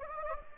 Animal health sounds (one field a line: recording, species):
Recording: mosquito wingbeat signal from an infrared sensor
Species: Anopheles gambiae